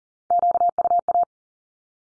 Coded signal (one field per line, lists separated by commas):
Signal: Morse code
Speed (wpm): 40 wpm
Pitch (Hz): 700 Hz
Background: none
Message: QUA